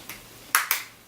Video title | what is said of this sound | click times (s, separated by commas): Utiliser un inhalateur Respimat | Tournez la base jusqu'à entendre un déclic. | 0.5 s